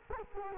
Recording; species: mosquito wingbeat signal from an infrared sensor; Culex quinquefasciatus